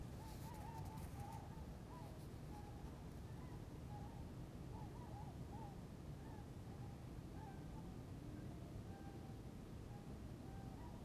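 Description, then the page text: Tundra swan flock calls: repeated soft, wavering hoots from several birds throughout, with a brief crackle early on and a continuous low rumble. Maryland. "Maryland Biodiversity. Tundra Swan ( Cygnus columbianus )"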